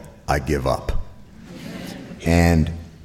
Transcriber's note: soundbite of laughter